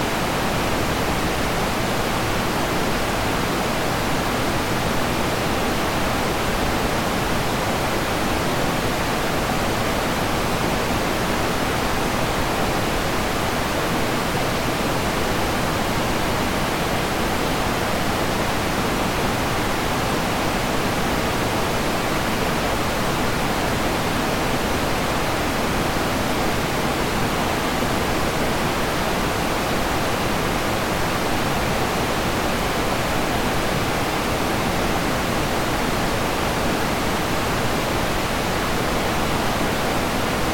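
A steady hiss of static blends with the even whoosh of running fans, dense and unbroken from start to finish. The sound fills the range from a soft low rumble up to a bright, airy top, with no events or changes in level.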